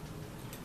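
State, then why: Seated. A small knob cap on a plastic toy collectible transformation bottle is twisted until it clicks into its detent position. Against a steady low hum, a single short, bright click sounds at 0.5 seconds. The cap is seated.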